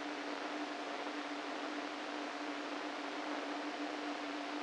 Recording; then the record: brain microelectrode recording played as sound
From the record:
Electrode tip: inside the subthalamic nucleus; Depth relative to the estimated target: 1 mm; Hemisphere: right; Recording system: NeuroSet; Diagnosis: Parkinson's disease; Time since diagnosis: 13 years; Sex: male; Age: 49 years